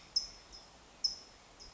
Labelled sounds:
California Towhee

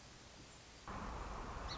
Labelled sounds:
Song Sparrow

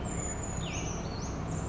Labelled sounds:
Brown Creeper

